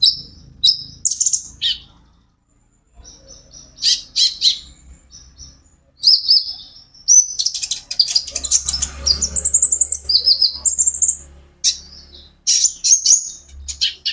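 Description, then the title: Van Hasselt's sunbird song, fast high twittering and thin sharp chirps in bursts, with a short pause near two seconds and a faint low hum underneath. A konin ijoan singing constantly (gacor); recording meant as a lure and therapy aid to make untrained konin answer. "KOLIBRI NINJA KONIN IJOAN GACOR COCOK UNTUK PANCINGAN TERAPI KONIN BAHAN PASTI NYAUT"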